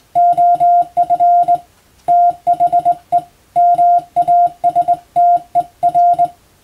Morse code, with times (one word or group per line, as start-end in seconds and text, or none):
0.2-1.6 OF
2.1-3.2 THE
3.6-6.3 MASTER